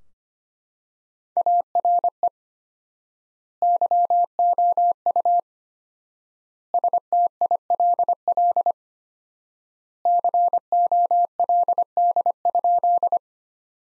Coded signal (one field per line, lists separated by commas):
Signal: Morse code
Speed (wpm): 25 wpm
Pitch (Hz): 700 Hz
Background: none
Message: ARE YOU STILL COLD?